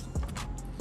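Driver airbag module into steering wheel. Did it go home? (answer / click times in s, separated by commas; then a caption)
no / none. A driver airbag module for an Audi R8/TTRS steering wheel is handled at the steering wheel hub, where its two pins are meant to click into the retaining springs. Only soft, brief handling noises are heard over a low background rumble, and there is no talk. Nothing has seated or clicked yet.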